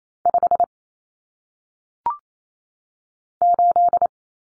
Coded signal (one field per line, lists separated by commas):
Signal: Morse code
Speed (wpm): 28 wpm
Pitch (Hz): 700 Hz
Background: none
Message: 5 8